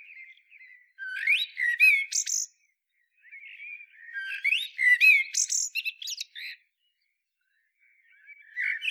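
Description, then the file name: Common blackbird song: two phrases, each a low fluted warble followed by a squeaky high twitter, with a third phrase beginning at the end. "Turdus merula"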